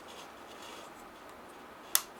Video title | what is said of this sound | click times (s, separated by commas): Mavic Air Prop Guard Attachment Tutorial | gently closed that it makes a snap sound that's kind of cool see that connects | 2.0 s